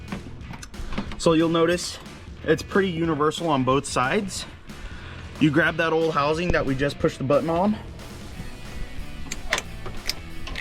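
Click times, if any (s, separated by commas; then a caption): 9.5 s. A plastic wiring harness connector, the housing with the release button, is pushed onto the plastic connector of a Raxiom Axial Series 6000K LED headlight bulb on a 2016-2023 Tacoma. Someone talks over background music, then sharp clicks near the end, with the connector clicking into place at 9.5 seconds. It is then tugged to check that it stays on, and it is seated.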